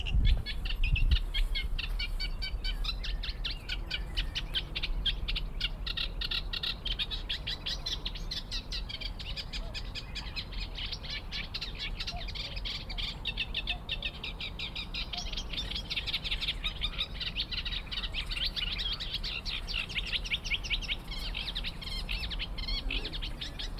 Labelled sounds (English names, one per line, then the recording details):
Eurasian Reed Warbler
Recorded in the wild
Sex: male
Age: adult
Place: Linum, Brandenburg, DE
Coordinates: 52.76, 12.88
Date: 1995-06-03 19:38
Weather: heiter, 15°C
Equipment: Marantz CP 430, Sennheiser ME 80, Kopie Uher 4000 Report Monitor
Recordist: Tembrock, Günter